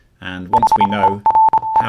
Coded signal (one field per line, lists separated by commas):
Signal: Morse code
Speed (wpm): 26 wpm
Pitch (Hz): 880 Hz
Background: speech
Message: HERE